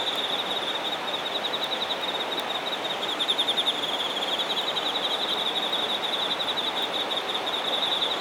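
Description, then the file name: Insect song: a steady high pulsed trill throughout, briefly louder near three seconds, with a faint higher trill and constant background hiss. Shinagawa, Japan. "shinagawa singing insects"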